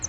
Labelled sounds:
Northern Parula flight call

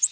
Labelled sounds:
Ovenbird flight call

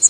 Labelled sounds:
Magnolia Warbler flight call

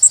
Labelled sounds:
Yellow Warbler flight call

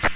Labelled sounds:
Magnolia Warbler flight call

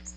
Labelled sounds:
Magnolia Warbler flight call

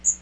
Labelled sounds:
Magnolia Warbler flight call

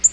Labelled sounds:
Black-throated Green Warbler flight call

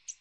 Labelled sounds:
American Redstart flight call

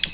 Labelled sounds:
Ovenbird flight call

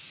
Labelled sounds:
Blackpoll Warbler flight call

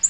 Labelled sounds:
Black-throated Green Warbler flight call

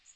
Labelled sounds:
Magnolia Warbler flight call

